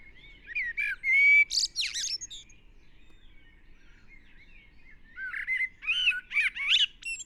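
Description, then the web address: Common blackbird delivering two loud warbling phrases, fluted notes followed by harsh high twitters, separated by a few seconds of near silence. "SETE Turdus merula"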